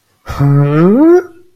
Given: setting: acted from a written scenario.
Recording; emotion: vocal sound without words; confusion